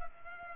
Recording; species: mosquito wingbeat signal from an infrared sensor; Culex pipiens